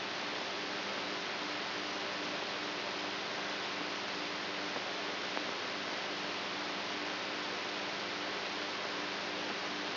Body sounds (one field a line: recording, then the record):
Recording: brain microelectrode recording played as sound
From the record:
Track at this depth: outside the subthalamic nucleus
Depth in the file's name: 5.71 mm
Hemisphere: right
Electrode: 3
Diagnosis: Parkinson's disease